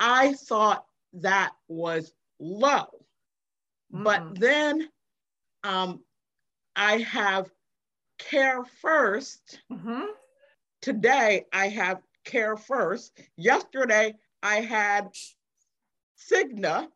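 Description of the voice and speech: An adult woman who survived a stroke speaks slowly in short bursts, with long pauses of up to a second, stretched sounds, a filler 'um' and a repeated phrase. This halting, effortful speech with word-finding gaps fits aphasia after a stroke.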